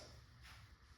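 A compressed air bottle is being screwed into the regulator of a Valken M17 less-lethal launcher, producing low, steady handling rumble and faint scraping, with a brief brighter rustle around 0.4–0.5 s. Nothing has seated or clicked yet; the bottle is not yet engaged with the valve.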